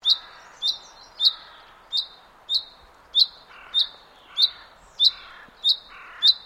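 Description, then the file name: Common chaffinch calling: a sharp, bright single note repeated many times, with a few lower buzzy sounds between some calls. "Fringilla coelebs"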